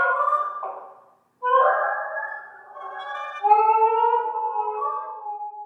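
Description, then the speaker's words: Brown rat laughter shifted into human hearing range, rapid chattering harmonic calls that slide and waver, with a brief gap before a longer run of overlapping tones. Rat laughter from rats recorded on New York City streets with an ultrasonic microphone, pitch-shifted into the range of the human voice for Urban Intonation. "So something that we hear in the audio is rat laughter."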